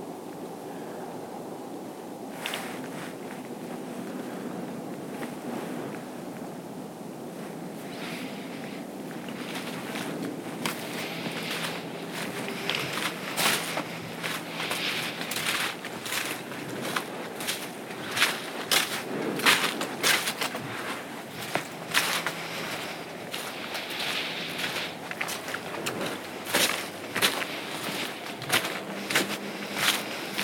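A night hike on the Appleton Trail: footsteps crunch along the path, starting sparse and growing denser and sharper after about ten seconds, with irregular clicks and scuffs. A low, steady rumble runs underneath throughout, and faint speech-like murmurs appear now and then.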